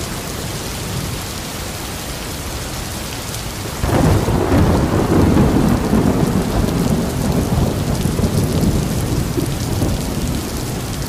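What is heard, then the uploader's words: Storm sounds: steady rain hisses throughout, dense and even. Just before four seconds a deep thunder rumble rolls in, swelling the low end and holding loud for several seconds before slowly easing off under the continuing downpour. Storm Sounds.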